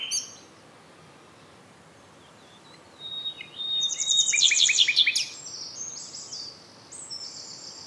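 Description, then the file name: Common nightingale song: after a quiet start, a loud rapid rattling trill builds and fades, followed by thinner high whistled notes. "Luscinia megarhynchos"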